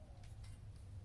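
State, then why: Not seated. The locking clip of a plastic PEX pipe support bracket system is handled at the bracket on the framing, with faint rubbing and brushing sounds over a steady low rumble. Nothing has clicked or seated yet.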